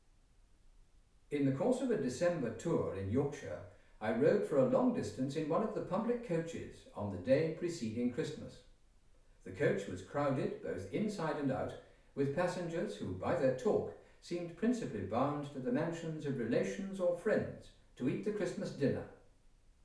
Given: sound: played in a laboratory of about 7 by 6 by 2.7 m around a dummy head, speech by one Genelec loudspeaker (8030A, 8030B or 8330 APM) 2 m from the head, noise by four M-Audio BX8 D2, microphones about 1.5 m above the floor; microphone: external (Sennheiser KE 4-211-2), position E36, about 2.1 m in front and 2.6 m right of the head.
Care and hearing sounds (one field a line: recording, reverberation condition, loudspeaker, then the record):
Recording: male speech in English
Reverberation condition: medium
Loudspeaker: 90 degrees to the left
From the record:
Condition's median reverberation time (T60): about 510 ms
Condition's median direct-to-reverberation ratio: about -0.5 dB